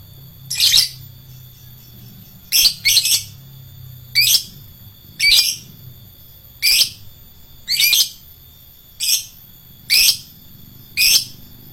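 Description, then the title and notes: Lovebird calls: sharp high squeaky notes, singly or doubled, repeated roughly every second, over a faint constant hum. Adult fighter lovebird. "LOVEBIRD FIGTER. Lovebird Dewasa"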